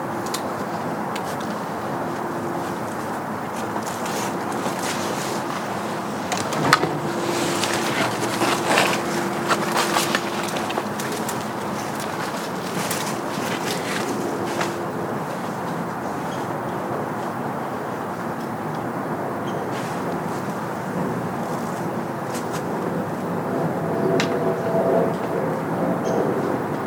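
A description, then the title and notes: Steady, dense rush of creek water fills the scene, with a faint low hum through the first half and occasional knocks around seven and nine seconds. Trek over the creek and through the woods (and field) on a simple trail in Wahlfield Park.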